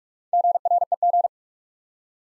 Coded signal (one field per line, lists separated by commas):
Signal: Morse code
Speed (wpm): 47 wpm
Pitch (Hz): 700 Hz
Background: none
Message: GREG